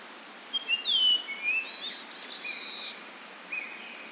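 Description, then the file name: Japanese grosbeak song: clear whistled notes that slide up and down, followed by a longer level whistle and some higher chirps. "ikaru"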